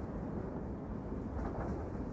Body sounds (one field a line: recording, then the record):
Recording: background sound without coughing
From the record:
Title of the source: Train Ride Ambience ambient white noise for sleeping, focus, studying, reading